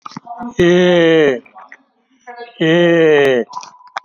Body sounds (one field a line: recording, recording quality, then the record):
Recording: sustained vowel as in made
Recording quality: excellent, no background noise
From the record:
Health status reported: exposed to COVID-19, no respiratory illness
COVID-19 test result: negative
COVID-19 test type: RT-PCR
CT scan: taken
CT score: 5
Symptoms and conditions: cough, cold, breathing difficulty, fever, hypertension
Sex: male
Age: 60 years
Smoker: no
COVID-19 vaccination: both doses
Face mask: not worn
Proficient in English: no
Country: India